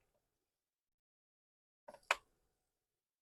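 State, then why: Seated. A small plastic seat belt piece on a 1966 Batmobile 1:8 scale model car is pressed into its socket at the seat. A soft tap at 1.9 s is followed by a sharp click at 2.1 s as it clicks into place, but it is still too loose and will be glued.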